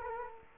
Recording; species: mosquito wingbeat signal from an infrared sensor; Culex quinquefasciatus